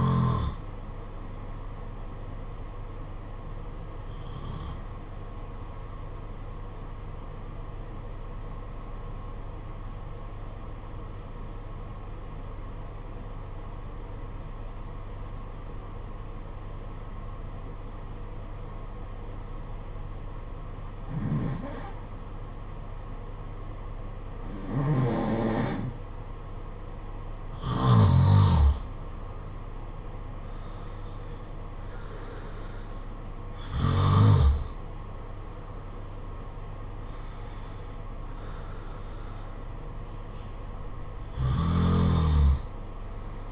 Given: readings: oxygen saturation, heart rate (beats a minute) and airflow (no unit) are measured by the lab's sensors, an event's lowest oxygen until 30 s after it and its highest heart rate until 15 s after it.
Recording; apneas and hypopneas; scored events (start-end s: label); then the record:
breathing in sleep by a smartphone at the bedside; 1
9.00-23.40 s: obstructive apnea (N1, oxygen 95% highest, then 87% lowest, heart rate 49 at the start, 60 highest)
35.00-43.52 s: new sleep stage, N2 (light sleep)
From the record:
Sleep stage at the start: N1 (lightest sleep); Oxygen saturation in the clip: 86 to 96%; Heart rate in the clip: 49 to 61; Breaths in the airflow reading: 9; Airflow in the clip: -6.9 to 7.8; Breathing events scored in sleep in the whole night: 476 in 9.7 hours asleep